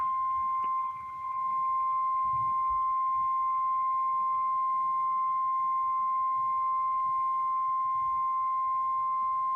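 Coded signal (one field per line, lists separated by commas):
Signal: Emergency Alert System (SAME) tones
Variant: 1050 Hz attention tone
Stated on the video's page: Lakeshore Flood Warning and High Wind Warning received from NOAA Weather Radio from the Detroit forecast office, recorded on an iPhone.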